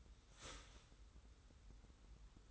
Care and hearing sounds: daily activity, microphone in the room; start toaster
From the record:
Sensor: 3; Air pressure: 990.6 hPa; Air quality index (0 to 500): 157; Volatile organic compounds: 708 ppm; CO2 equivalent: 5049 ppm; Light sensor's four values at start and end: 40/94/38/36 and 40/94/38/36

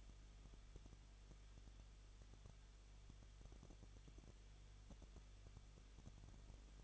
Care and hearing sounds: daily activity, microphone in the room; no activity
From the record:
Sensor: 4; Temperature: 23.0 degrees Celsius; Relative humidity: 34.1%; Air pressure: 1007.3 hPa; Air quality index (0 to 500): 213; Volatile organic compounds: 14 ppm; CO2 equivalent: 2456 ppm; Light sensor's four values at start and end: 2/3/1/1 and 2/3/1/1

